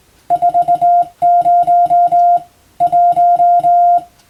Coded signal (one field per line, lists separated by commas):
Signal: Morse code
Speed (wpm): 21 wpm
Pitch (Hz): 700 Hz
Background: music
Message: 40 1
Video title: 無線従事者国家試験総合無線通信士電気通信術のトレーニングにＣＷを打ってみました。アマチュア無線ハムの受信練習にもどうぞ(morse code practice for radio operator )